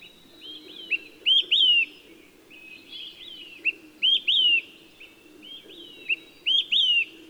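Olive-sided flycatcher giving three loud whistled phrases, a brief note followed by two downslurred whistles, spaced about 2.5 seconds apart, softer birds calling behind.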